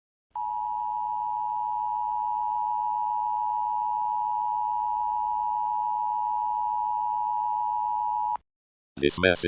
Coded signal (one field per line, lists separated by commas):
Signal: Emergency Alert System (SAME) tones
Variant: 853 and 960 Hz attention tone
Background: speech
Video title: THE SECOND SUN (a mini-EAS supernova scenario)